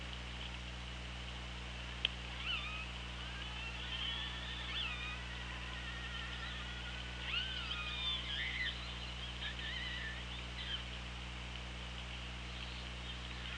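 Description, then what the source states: Orca calls: several high, bending whistle-like tones that rise and fall, some short and some drawn out, over steady underwater hiss and low humming. Hydrophone recording from OrcaLab, 24 August 2017, 17:12.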